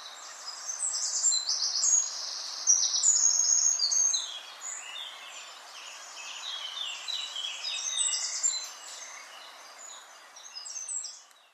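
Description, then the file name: Eurasian wren pouring out a long, high, tumbling song of quick notes and trills, with a steady faint hiss behind. "Troglodytes troglodytes"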